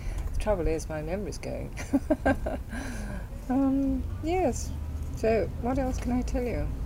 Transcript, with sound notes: The trouble is my memory's going. [laughs] Erm, yes. So, what else can I tell you?